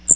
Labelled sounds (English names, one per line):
Magnolia Warbler flight call